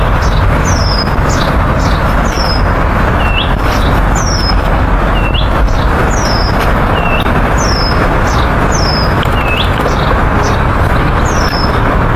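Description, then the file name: Nightingale singing repeated high, slurred whistle notes, with steady heavy traffic rumble throughout. Sung by the bridge across Meretskova. "Solovej u mosta cherez Mereckova"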